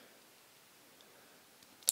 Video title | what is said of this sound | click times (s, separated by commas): Kydex Money Clip & Folding Dollar Bills | which i'm about to do right now but as you heard from that snapping sound | 1.9 s